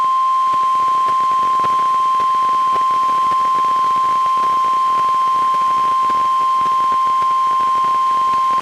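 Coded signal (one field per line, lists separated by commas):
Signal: Emergency Alert System (SAME) tones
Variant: 1050 Hz attention tone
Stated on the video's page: NOAA Weather Radio received on a Reecom R-1630 weather radio recorded with a Zoom H1; TV relay captured from a Dish Network DVR receiver.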